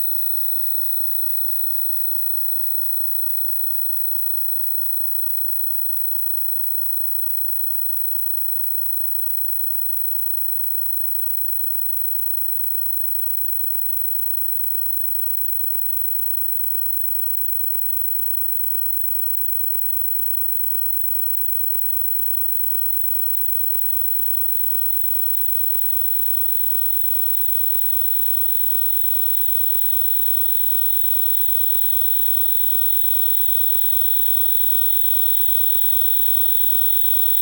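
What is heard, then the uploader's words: Blended sine tones hold a steady, bright whine, shimmering and fluttering as close pitches beat against each other. The sound thins and dips in volume around the middle, then swells back, ending louder with a sharper high tone and faster wavering. High Prime Sines Fluttering. Excerpt from audio tests for the installation "This Is For You ohrenhoch Berlin". Sine tones blended to create shifting beating frequencies - the shimmering effect that occurs when two or more tones of close frequency are sounded together.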